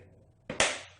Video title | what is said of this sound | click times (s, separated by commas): CBD oil extractor review | heard it click now I'm gonna hold it there for a few | 0.5 s, 0.6 s